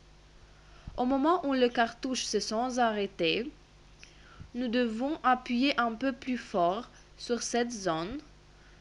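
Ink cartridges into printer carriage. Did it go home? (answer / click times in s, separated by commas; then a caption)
no / none. Continuous ink system cartridges for an Epson Stylus SX200/SX205/SX210/SX215/SX218 printer are being lowered into the printer carriage until they stop, and are about to be pressed a little harder on one area to lock them. Someone talks throughout, with a brief faint tap near 4.0 s. Nothing has seated or clicked yet.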